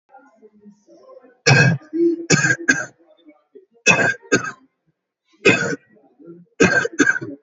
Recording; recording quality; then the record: heavy voluntary cough; moderate, slight background noise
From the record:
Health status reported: healthy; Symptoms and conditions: none ticked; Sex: male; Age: 24 years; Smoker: yes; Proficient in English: yes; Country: India